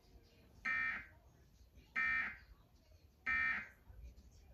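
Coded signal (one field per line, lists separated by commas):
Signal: none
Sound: a TV jingle's beeps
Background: speech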